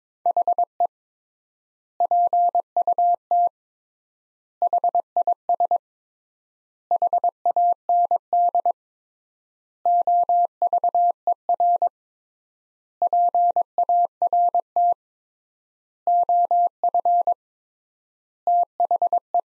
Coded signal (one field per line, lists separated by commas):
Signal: Morse code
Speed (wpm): 22 wpm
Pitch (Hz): 700 Hz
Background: none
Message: HE PUT HIS HAND OVER PART OF THE